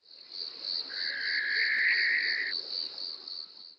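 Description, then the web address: Barn owl screech: one harsh, hissing scream of about one and a half seconds, over a steady high-pitched insect trill that runs throughout. "tyto alba call"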